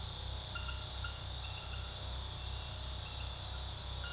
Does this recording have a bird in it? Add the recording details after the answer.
no. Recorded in pastures near Puerto Asís, Putumayo, Colombia, on 21 February 2024 at 00:00. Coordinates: 0.486, -76.323. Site G6462